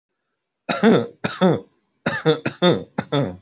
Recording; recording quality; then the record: shallow voluntary cough; excellent, no background noise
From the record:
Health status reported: healthy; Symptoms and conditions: none ticked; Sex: male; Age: 33 years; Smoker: not ticked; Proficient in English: yes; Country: India